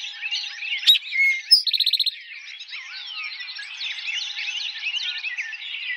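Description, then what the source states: Eastern towhee song: a sharp note and short clear whistle, then a fast buzzy trill, over a dense continuous twittering chorus. Recorded on 4 January 2007.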